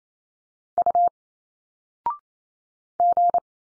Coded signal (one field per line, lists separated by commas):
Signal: Morse code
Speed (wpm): 28 wpm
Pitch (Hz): 700 Hz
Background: none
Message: U G